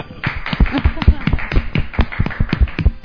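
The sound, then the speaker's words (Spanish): Brief applause at a comic convention talk for a comic-book reference: a steady run of sharp hand claps, roughly four per second, fairly loud and even, with soft low thumps underneath and no talking over it. “Un aplauso por la referencia.”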